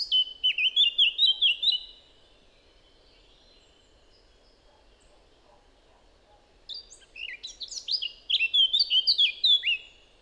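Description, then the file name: Eurasian blackcap song: a short run of rich warbled phrases, a pause of about five seconds, then another burst of varied fluty and scratchy notes. "Sylvia atricapilla"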